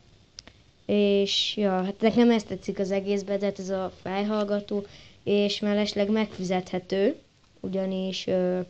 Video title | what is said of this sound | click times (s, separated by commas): megfüzethető és egyben uj fejhalgató | egy vagy nehogy eltörjétek kattanásig | 0.4 s